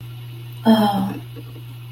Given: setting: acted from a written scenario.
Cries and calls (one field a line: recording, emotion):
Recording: vocal sound without words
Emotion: sympathy